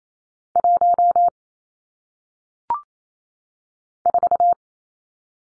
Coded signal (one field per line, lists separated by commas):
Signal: Morse code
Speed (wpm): 28 wpm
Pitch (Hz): 700 Hz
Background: none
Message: 1 4